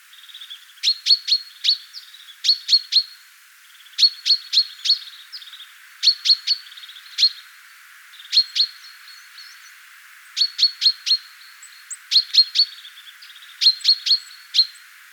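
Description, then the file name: Common chaffinch giving sharp, metallic notes in quick clusters of three or four, each cluster following about every one to two seconds, over a quiet background. "Fringilla coelebs"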